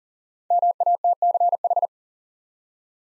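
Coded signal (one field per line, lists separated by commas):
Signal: Morse code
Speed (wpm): 42 wpm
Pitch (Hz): 700 Hz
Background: none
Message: MATCH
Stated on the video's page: Morse practice at 40 wpm: five-letter words sent twice for head-copy training.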